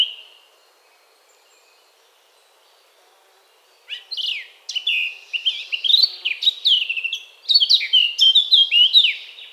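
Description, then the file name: Eurasian blackcap song: one soft note, about three seconds of quiet, then a loud, varied warble of rising and falling fluted phrases. "Sylvia atricapilla"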